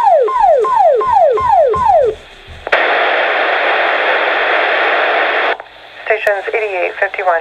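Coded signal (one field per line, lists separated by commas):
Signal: pager alert tone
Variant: fire pager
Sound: six quick falling whoop tones, a burst of hiss, then warbling chirps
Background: radio static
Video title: Fire pager going off!!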